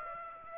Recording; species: mosquito wingbeat signal from an infrared sensor; Aedes aegypti